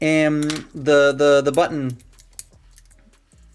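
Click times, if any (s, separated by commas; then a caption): none. Someone talks, then a few faint, sharp plastic taps follow as the button and missile of a transforming toy's plastic spring-loaded missile launcher are worked. The missile fails to latch because the spring is off kilter, so nothing has seated or clicked yet.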